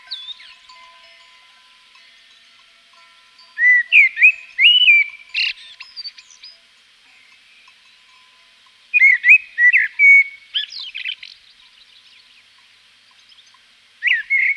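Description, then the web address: Common blackbird delivering three song phrases a few seconds apart, the last cut short; the first two are fluty whistles trailing into scratchy, higher twittered notes. Recorded in Provence. "agykontroll - A természet hangjai - A provence-i feketerigó"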